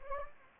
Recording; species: mosquito wingbeat signal from an infrared sensor; Anopheles gambiae